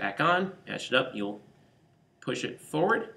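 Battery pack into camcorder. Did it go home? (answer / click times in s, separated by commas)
no / none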